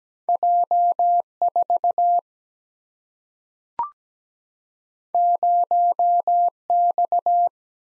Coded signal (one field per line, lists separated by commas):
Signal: Morse code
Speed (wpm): 17 wpm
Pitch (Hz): 700 Hz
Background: none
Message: J 4 0 X